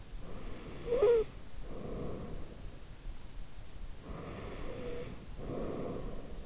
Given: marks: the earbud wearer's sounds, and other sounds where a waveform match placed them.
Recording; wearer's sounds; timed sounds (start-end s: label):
sounds in sleep by an in-ear microphone; snoring breath
0.25-2.77 s: snoring breath
3.96-6.46 s: snoring breath